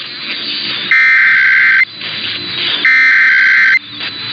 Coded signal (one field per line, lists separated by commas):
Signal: Emergency Alert System (SAME) tones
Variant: header bursts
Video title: EAS #165-182 - More Monthly Tests (2/14-15/24)